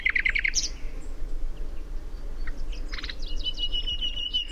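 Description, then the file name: Common nightingale: a quick burst of repeated stuttering notes, a pause, then clicking elements ending in a long, steady, high whistle; low background hum throughout. "Luscinia megarhynchos"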